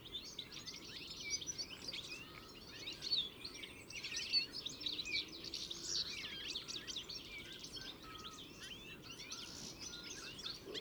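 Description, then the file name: European goldfinch twitters, a steady stream of rapid chirps and liquid trills, with soft background hiss. "Carduelis carduelis"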